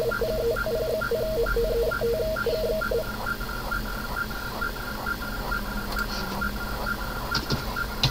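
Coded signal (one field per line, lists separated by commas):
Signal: RTTY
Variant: AMTOR ARQ, 100 baud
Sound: rhythmic chirping two-tone data blocks alternating with short higher-pitched replies, about twice a second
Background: radio static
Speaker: let's try to move in first let's wait for the link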